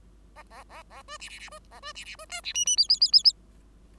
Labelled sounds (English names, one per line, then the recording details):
Bengalese Finch song
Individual Bird5